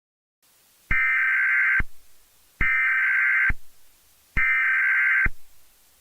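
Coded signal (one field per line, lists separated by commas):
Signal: Emergency Alert System (SAME) tones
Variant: header bursts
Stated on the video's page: Fictional EAS scenario.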